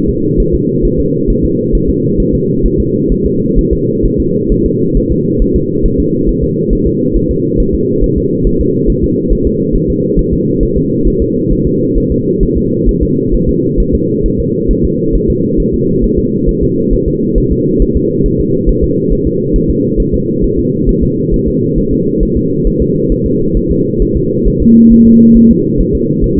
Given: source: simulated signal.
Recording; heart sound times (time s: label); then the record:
fetal heart sounds
0.09 s: S2
0.40 s: S1
0.55 s: S2
0.85 s: S1
1.00 s: S2
1.30 s: S1
1.45 s: S2
1.75 s: S1
1.89 s: S2
2.20 s: S1
2.35 s: S2
2.66 s: S1
2.80 s: S2
3.12 s: S1
3.26 s: S2
3.59 s: S1
3.73 s: S2
4.06 s: S1
4.20 s: S2
4.52 s: S1
4.66 s: S2
4.97 s: S1
5.12 s: S2
5.42 s: S1
5.56 s: S2
5.86 s: S1
6.00 s: S2
6.29 s: S1
6.44 s: S2
6.73 s: S1
6.87 s: S2
7.17 s: S1
7.31 s: S2
7.60 s: S1
7.75 s: S2
8.04 s: S1
8.18 s: S2
8.47 s: S1
8.61 s: S2
8.90 s: S1
9.04 s: S2
9.33 s: S1
9.47 s: S2
9.76 s: S1
9.90 s: S2
10.19 s: S1
10.34 s: S2
10.63 s: S1
10.78 s: S2
11.08 s: S1
11.22 s: S2
11.53 s: S1
11.67 s: S2
11.98 s: S1
12.12 s: S2
12.43 s: S1
12.58 s: S2
12.89 s: S1
13.03 s: S2
13.34 s: S1
13.49 s: S2
13.80 s: S1
13.95 s: S2
14.26 s: S1
14.40 s: S2
14.71 s: S1
14.85 s: S2
15.15 s: S1
15.30 s: S2
15.60 s: S1
15.74 s: S2
16.04 s: S1
16.19 s: S2
16.49 s: S1
16.63 s: S2
16.94 s: S1
17.08 s: S2
17.38 s: S1
17.52 s: S2
17.82 s: S1
17.97 s: S2
18.26 s: S1
18.40 s: S2
18.69 s: S1
18.84 s: S2
19.13 s: S1
19.27 s: S2
19.56 s: S1
19.70 s: S2
20.00 s: S1
20.14 s: S2
20.44 s: S1
20.59 s: S2
20.89 s: S1
21.03 s: S2
21.34 s: S1
21.48 s: S2
21.78 s: S1
21.93 s: S2
22.23 s: S1
22.37 s: S2
22.67 s: S1
22.82 s: S2
23.12 s: S1
23.26 s: S2
23.57 s: S1
23.71 s: S2
24.02 s: S1
24.17 s: S2
24.48 s: S1
24.62 s: S2
24.92 s: S1
25.07 s: S2
25.37 s: S1
25.51 s: S2
25.81 s: S1
25.95 s: S2
26.24 s: S1
26.38 s: S2
From the record:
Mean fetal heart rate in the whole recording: 135 bpm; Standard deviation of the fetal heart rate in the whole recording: 3 bpm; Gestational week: 36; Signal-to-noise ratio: -11.2 dB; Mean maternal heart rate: 72 bpm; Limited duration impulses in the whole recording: present